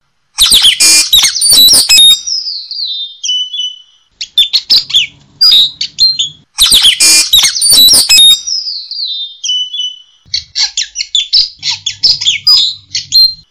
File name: nuri tanau omkicau